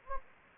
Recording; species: mosquito wingbeat signal from an infrared sensor; Anopheles gambiae